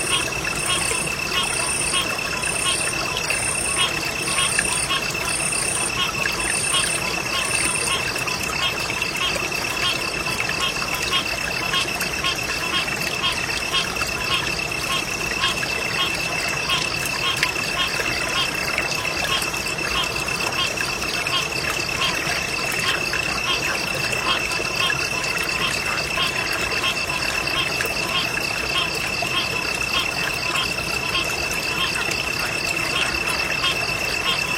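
Frogs and insects call beside a quiet river, their steady trilling forming a dense, unbroken chorus with a high sustained whine running throughout. For the first eight seconds a bright, regular pulsing call repeats about twice per second, then stops while the chorus continues.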